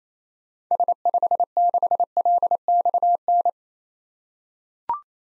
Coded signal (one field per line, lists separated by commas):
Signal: Morse code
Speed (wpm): 28 wpm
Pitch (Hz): 700 Hz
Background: none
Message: S56LXN